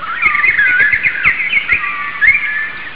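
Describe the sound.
Bird chirping, a rapid string of whistled notes that rise and fall, some sliding sharply, continuing steadily for the whole stretch.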